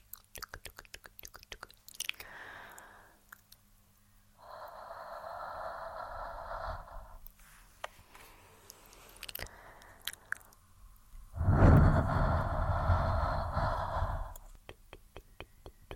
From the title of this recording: Lens Fogging